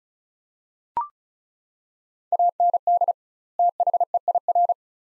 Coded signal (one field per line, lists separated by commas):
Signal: Morse code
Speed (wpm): 34 wpm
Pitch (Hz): 700 Hz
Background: none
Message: AND THEIR